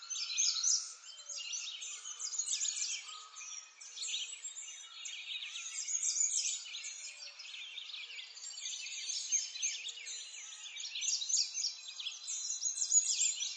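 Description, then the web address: Many birds chirping and twittering together in a thick, continuous high-pitched chorus, with short louder bursts scattered throughout. Recorded in a forest. "Lynne Music Nature-Ambience-Birds-In-A-Forest"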